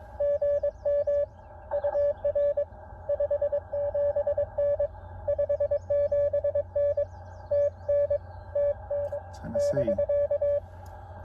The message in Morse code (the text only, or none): GM UR 57N 57N TN TN <BK>